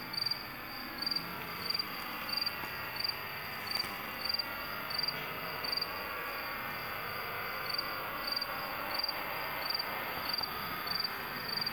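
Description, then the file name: Cicada song: a steady series of sharp high pulses, slightly irregular, about once or twice a second, against continuous background hiss. "montana cricket"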